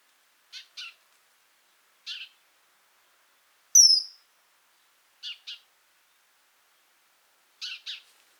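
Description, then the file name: House sparrow giving clipped, buzzy chirps, mostly doubled, every couple of seconds; one thin high descending whistle cuts in midway, otherwise quiet. "Passer domesticus"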